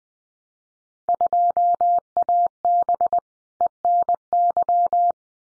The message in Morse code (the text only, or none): 2AB ENY